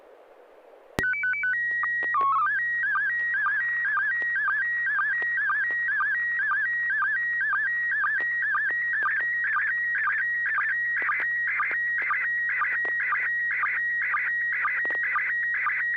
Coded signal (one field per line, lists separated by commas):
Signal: SSTV (slow-scan television)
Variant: PD 120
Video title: N6NA SSTV Net - 11/13/2024